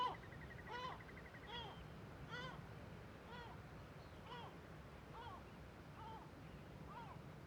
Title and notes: Le Palais des mouettes . Grand Cirque . Kunoy, Îles Féroé. Iles Féroé, KUNOY, nous sommes au dessus la forêt de Viðarlundin í Kunoy, le Cirque est énorme et les mouettes et autres oiseaux se mettent en alerte